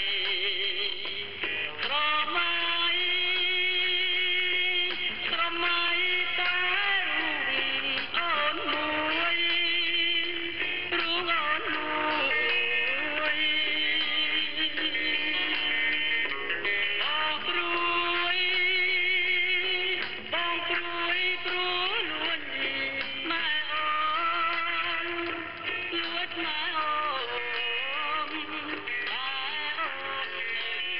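Music plays over shortwave radio: a male voice sings sustained, wavering melodic lines with electric guitar, continuous and steady in loudness for the whole half minute. The sound is thin and boxy, with no deep bass or crisp treble, and a faint low hum underneath.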